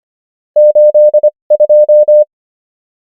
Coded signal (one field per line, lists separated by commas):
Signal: Morse code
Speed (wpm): 25 wpm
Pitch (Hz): 600 Hz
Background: none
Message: 82